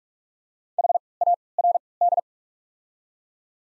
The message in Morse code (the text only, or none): H A R D